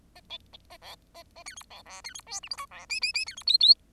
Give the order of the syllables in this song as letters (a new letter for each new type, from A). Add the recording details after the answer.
A B A A C D B E C D F G H I E J J J C D K K. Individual Bird10